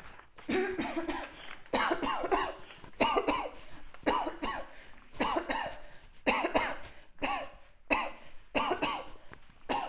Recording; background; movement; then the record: voluntary coughing; quiet; walking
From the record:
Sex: female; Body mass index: 36.4 kg/m2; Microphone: on the chest, facing outward